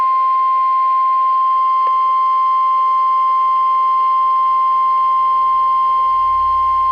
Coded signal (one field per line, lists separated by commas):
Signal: Emergency Alert System (SAME) tones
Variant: 1050 Hz attention tone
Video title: EAS #803 Severe Thunderstorm Warning